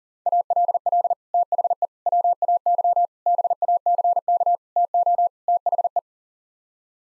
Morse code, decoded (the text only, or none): ALL THE WAY BACK TO THE